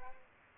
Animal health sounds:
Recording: mosquito wingbeat signal from an infrared sensor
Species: Aedes aegypti

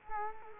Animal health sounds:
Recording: mosquito wingbeat signal from an infrared sensor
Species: Culex quinquefasciatus

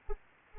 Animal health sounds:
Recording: mosquito wingbeat signal from an infrared sensor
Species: Anopheles arabiensis

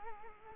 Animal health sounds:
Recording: mosquito wingbeat signal from an infrared sensor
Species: Culex quinquefasciatus

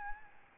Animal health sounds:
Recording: mosquito wingbeat signal from an infrared sensor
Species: Aedes albopictus

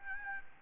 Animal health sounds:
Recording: mosquito wingbeat signal from an infrared sensor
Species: Aedes albopictus

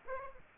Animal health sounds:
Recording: mosquito wingbeat signal from an infrared sensor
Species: Aedes aegypti

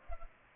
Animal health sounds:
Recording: mosquito wingbeat signal from an infrared sensor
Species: Culex pipiens

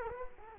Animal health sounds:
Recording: mosquito wingbeat signal from an infrared sensor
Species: Culex quinquefasciatus

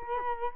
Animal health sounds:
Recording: mosquito wingbeat signal from an infrared sensor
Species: Culex quinquefasciatus

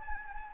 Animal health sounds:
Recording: mosquito wingbeat signal from an infrared sensor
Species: Anopheles gambiae

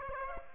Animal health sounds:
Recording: mosquito wingbeat signal from an infrared sensor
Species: Aedes aegypti

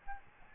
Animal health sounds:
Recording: mosquito wingbeat signal from an infrared sensor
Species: Aedes albopictus

